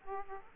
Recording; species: mosquito wingbeat signal from an infrared sensor; Aedes aegypti